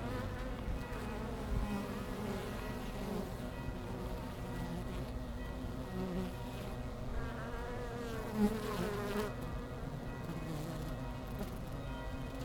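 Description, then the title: Honey bees humming in a steady low drone, with faint sustained ringing tones behind. Langel, Köln, Germany; early October, sun gone from the hives; most bees returning to the hive, many white-backed from Himalayan balsam flowers; village church bells ringing in background. "Langel, Köln, Deutschland - Bienen Anfang Oktober. Bees at the beginning of October"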